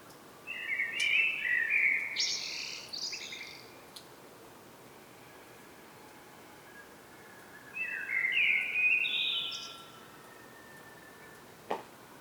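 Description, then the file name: Common blackbird singing two mellow warbled phrases that finish in thin, high chattering notes, with a pause of a few seconds between. "Turdus merula"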